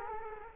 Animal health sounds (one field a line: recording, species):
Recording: mosquito wingbeat signal from an infrared sensor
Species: Culex quinquefasciatus